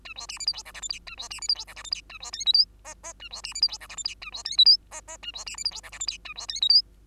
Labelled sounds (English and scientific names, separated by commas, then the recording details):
Bengalese Finch (Lonchura striata domestica) song
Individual Bird2